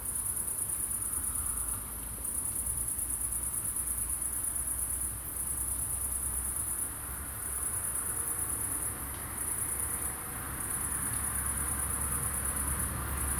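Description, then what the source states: Cricket song of high, metallic trills in repeated phrases a few seconds long with brief gaps, over a steady low hum of traffic. Crickets at night in Aveize, France, with cars in the distance; recorded with a DPA-2006c pair in AB position into an SD MixPre-3.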